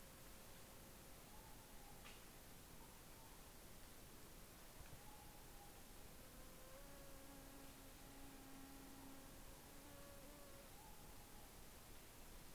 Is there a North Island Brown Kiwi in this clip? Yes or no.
no